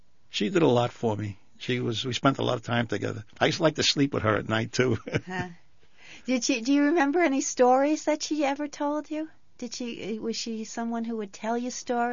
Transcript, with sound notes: she did a lot for me. She was -- we spent a lot of time together. I used to like to sleep with her at night, too. ( he laughs )
Did you remember any stories that she ever told you? Was she someone who would tell you stories?